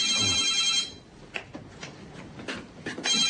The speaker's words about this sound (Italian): E proprio in quel momento il telefono squillò.